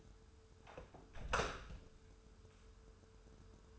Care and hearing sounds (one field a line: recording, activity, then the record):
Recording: daily activity, microphone in the room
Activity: close door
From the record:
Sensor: 2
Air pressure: 1015.0 hPa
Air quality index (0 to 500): 153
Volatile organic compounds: 7 ppm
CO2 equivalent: 1979 ppm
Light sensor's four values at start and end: 13/35/14/15 and 13/35/14/15